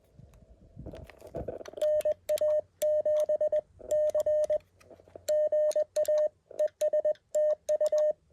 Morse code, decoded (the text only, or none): NA7C GA ES TU